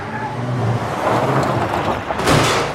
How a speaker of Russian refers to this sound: Внезапно к гаражу подъехала Лада и врезается в стену.